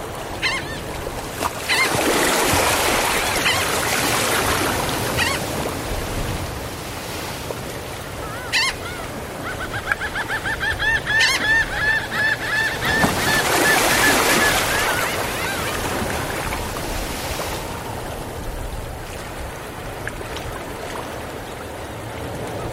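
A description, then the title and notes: Waves wash in and splash steadily against the shore, swelling twice, while a run of high, rapid gull calls sounds midway. Seagulls by the Tide Pools. The calming sounds of the ocean and the calls of seagulls.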